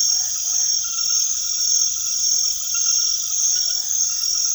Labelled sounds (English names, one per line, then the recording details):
none
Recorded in secondary vegetation near Puerto Asís, Putumayo, Colombia, on 20 February 2024 at 23:30
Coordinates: 0.500, -76.326
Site G6428